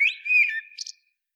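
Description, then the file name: Common blackbird gives a short mellow whistled phrase, wavering and slightly falling, then ends with two brief high squeaky twitter notes. "Turdus merula"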